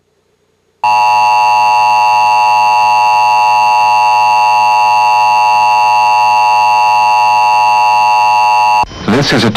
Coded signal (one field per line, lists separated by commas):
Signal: Emergency Alert System (SAME) tones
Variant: 853 and 960 Hz attention tone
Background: speech